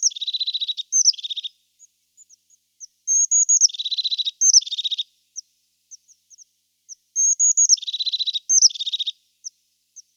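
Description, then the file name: Crested tit calling: thin high whistles dropping into a dry purring trill, three bursts spaced a few seconds apart with small high ticks between them. "Mésange-huppée"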